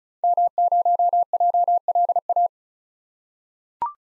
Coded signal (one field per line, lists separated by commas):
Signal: Morse code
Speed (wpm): 36 wpm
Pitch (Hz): 700 Hz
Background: none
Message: M0JLA